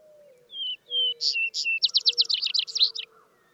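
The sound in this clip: Vesper Sparrow song: paired downslurred whistles, then short bright notes and a fast trill, with a low steady hum underneath.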